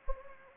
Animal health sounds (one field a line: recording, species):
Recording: mosquito wingbeat signal from an infrared sensor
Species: Anopheles gambiae